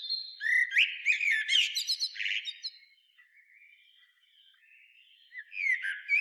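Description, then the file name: Common blackbird song: rich warbled notes and high chirps at the start, a quiet trailing warble, then a fresh loud phrase near the end. "Turdus merula"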